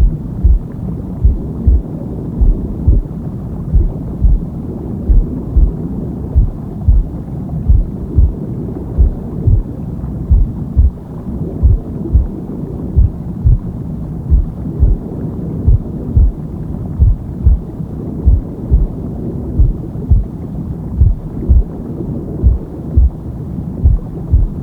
Womb Sound with Heartbeat Deep Sleep.